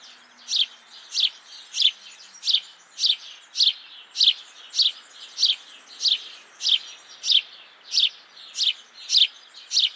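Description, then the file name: House sparrow chirping steadily, short bright chirps repeated roughly every half second, evenly spaced throughout, over a faint hiss. "Passer domesticus"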